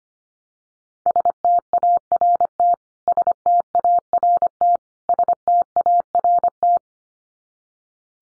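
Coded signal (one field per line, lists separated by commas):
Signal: Morse code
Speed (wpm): 25 wpm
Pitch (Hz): 700 Hz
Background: none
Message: START START START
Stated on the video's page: Morse sent at 25 wpm as a head-copy drill of the 300 most common English words, each word sent three times, then spoken, then sent again.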